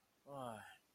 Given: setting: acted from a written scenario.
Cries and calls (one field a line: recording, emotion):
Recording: vocal sound without words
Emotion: neutral